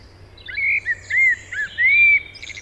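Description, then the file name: Common blackbird song: a series of clear, fluty whistled notes, some slurred downward, one long sustained whistle, ending with quick high twittering notes. "Turdus merula"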